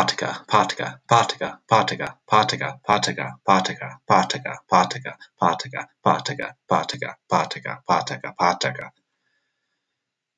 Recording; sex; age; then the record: repeated syllables /pa ta ka/; male; 20 to 29 years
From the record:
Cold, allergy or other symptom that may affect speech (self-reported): no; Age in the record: 27 years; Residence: Colorado, United States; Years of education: 16